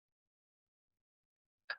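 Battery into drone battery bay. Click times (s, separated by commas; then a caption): 1.7 s. A battery is inserted into the battery bay of a survey drone and locked into place with a handle. After near-silence, a single short, sharp click sounds at 1.7 s, marking the battery being seated.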